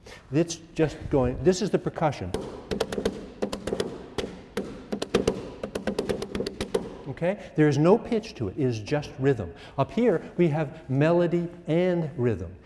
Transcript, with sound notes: Let's just go — This is the percussion. [taps rhythm] Okay? There is no pitch to it. It is just rhythm. Up here we have melody and rhythm.